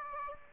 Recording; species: mosquito wingbeat signal from an infrared sensor; Aedes aegypti